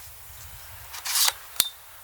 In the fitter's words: So it locks into place.